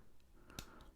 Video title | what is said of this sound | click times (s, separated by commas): Build the Millennium Falcon Parts 72 & 73: A Mistake Filled Dish! | like that push it and you heard that click did you hear that click I think that means oh no it doesn't | 0.5 s, 0.6 s